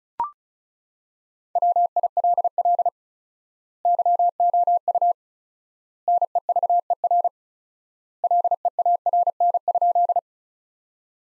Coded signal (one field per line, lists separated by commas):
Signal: Morse code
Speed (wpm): 36 wpm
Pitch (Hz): 700 Hz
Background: none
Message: WILL YOU NEVER LEARN?